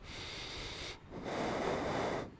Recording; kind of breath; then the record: one breath in and out by a microphone near the nose and mouth; deep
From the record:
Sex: male